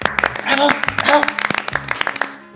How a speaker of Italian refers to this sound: Che battimani calorosi, fu il trionfo, l'apoteosi.